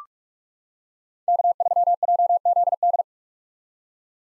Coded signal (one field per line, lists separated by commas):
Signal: Morse code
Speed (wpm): 44 wpm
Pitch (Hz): 700 Hz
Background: none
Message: K3JZD